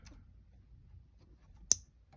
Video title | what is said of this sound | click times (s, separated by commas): Toyota coil pack plug repair | slide until it snaps | 1.7 s